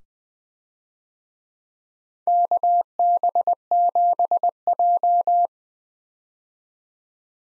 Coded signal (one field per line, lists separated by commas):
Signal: Morse code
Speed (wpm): 21 wpm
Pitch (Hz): 700 Hz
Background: none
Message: KB7J